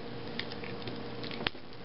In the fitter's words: you know it's kind of a you really have to force those off and it gives you a nice satisfying snap you know that's secure